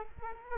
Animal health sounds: mosquito wingbeat signal from an infrared sensor; Culex quinquefasciatus

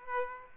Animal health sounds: mosquito wingbeat signal from an infrared sensor; Aedes aegypti

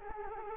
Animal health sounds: mosquito wingbeat signal from an infrared sensor; Culex quinquefasciatus

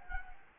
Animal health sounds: mosquito wingbeat signal from an infrared sensor; Anopheles gambiae

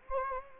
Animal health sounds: mosquito wingbeat signal from an infrared sensor; Anopheles gambiae

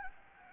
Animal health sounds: mosquito wingbeat signal from an infrared sensor; Anopheles gambiae

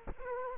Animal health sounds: mosquito wingbeat signal from an infrared sensor; Culex quinquefasciatus

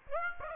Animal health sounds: mosquito wingbeat signal from an infrared sensor; Aedes aegypti

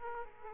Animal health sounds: mosquito wingbeat signal from an infrared sensor; Aedes aegypti

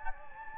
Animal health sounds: mosquito wingbeat signal from an infrared sensor; Anopheles gambiae

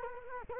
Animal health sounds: mosquito wingbeat signal from an infrared sensor; Culex quinquefasciatus

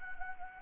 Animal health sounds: mosquito wingbeat signal from an infrared sensor; Anopheles gambiae

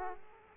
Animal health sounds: mosquito wingbeat signal from an infrared sensor; Aedes aegypti

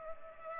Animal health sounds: mosquito wingbeat signal from an infrared sensor; Culex pipiens

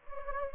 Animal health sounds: mosquito wingbeat signal from an infrared sensor; Anopheles gambiae

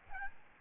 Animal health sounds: mosquito wingbeat signal from an infrared sensor; Aedes albopictus

